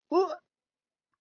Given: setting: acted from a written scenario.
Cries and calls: vocal sound without words; disgust

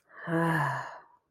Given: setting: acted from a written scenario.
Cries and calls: vocal sound without words; serenity

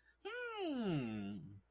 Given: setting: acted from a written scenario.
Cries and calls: vocal sound without words; interest

